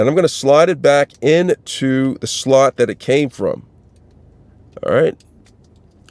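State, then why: Seated. Someone talks while the metal emergency key blade of a Subaru key fob is slid back into its slot in the plastic fob housing after a battery replacement. After the speech, faint small handling sounds follow, and the blade latches with a sharp click at 6.1 s, seated in place.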